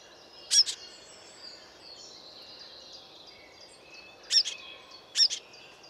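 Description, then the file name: Eurasian blackcap calls: three sharp, hard tick notes, one early then two close together near the end, separated by quiet background hiss. "Sylvia atricapilla"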